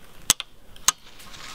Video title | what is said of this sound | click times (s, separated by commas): Manfrotto 055 Tripod and XPro Ball Head After a Year | When the legs go back into position, you can hear them click. | 0.3 s, 0.9 s